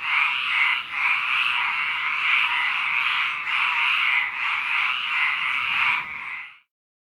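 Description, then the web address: Frog chorus of rapid, overlapping raspy croaks in quick pulses, continuing for about six seconds before fading out. Frogs at a lake. "Blue Box animals froglake"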